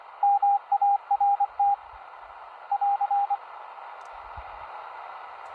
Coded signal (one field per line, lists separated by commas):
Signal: Morse code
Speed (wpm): 24 wpm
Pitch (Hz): 810 Hz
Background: radio noise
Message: MART <AR>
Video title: SW DX - Russian nautical military information in Morse code